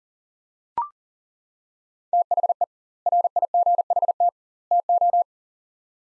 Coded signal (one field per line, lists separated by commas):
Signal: Morse code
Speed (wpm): 40 wpm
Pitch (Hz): 700 Hz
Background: none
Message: THE RIGHT TO